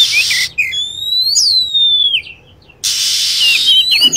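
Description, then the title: Lovebird call: a strident whistled note with harmonics that climbs, then slides down, with bursts of steady hiss before and after. Lure sound for attracting lovebirds. "PIKAT BURUNG LOVEBIRD"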